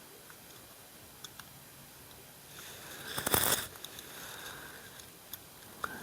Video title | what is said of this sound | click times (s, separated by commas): RG 23 Full Disassembly, Reassembly, and Repair | Oh, there's the indexing right there. You hear it snap in place. | 5.8 s